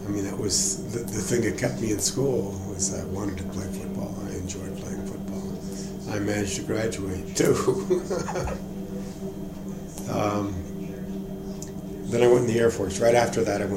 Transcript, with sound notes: I mean that was the thing that kept me in school, I wanted to play football and I enjoyed playing football. I managed to graduate too. [laughing] But, I went into the Air Force right after that.